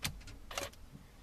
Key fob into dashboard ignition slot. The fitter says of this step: take your key fob insert it in until you feel it click